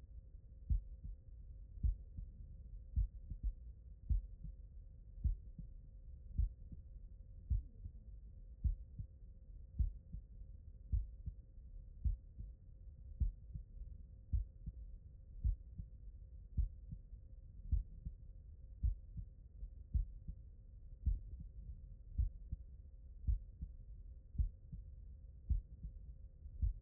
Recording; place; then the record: heart sounds by stethoscope; mitral valve (MV)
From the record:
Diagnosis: non-HFrEF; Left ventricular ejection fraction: 59%